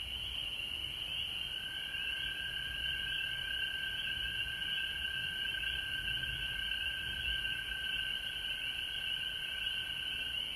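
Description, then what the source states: Frogs in a dense, unbroken high-pitched chorus, with a steady thin tone running beneath it for most. Frogs recorded at home in Georgia on March 19, 2020.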